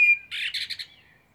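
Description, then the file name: Common blackbird giving a short clear whistle followed by a quick burst of buzzy, chattering notes that fade out. "Turdus merula"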